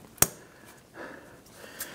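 The red plastic lock tab on the coolant temperature sensor connector of a 2011-2021 Jeep Grand Cherokee 3.6L V6 is pressed down, giving a sharp, loud click at 0.2 s. A faint rustle and a softer tick near 1.8 s follow. The lock tab is down and the connector is secured.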